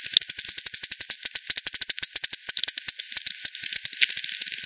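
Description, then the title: Bat echolocation calls: a crisp, regular stream of rapid ticks, becoming slightly uneven near the end. Multiple bats at Hogsmill River, Hogsmill Lane, 7 October 2020 at 18:10; frequency-divided by ten, bandpass filtered and resampled. "bat 20201007 T 18 : 10 Z-Hogsmill-Lane-Hogsmill-River-multiple-bats"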